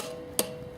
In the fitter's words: You hear that click?